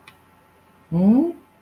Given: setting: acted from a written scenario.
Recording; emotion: vocal sound without words; confusion